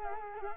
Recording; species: mosquito wingbeat signal from an infrared sensor; Culex quinquefasciatus